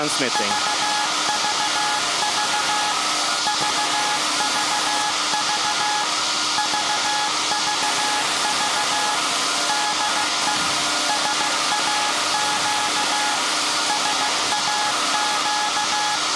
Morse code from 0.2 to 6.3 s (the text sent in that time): VVV VVV